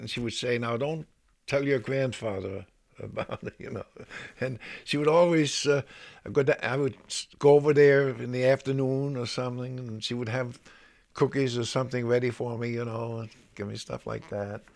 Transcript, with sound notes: And she would say, "Now don't tell your grandfather about it," you know. (he laughs) And she would always, I would go over there in the afternoon or something, and she would have cookies or something ready for me, you know, give me stuff like that.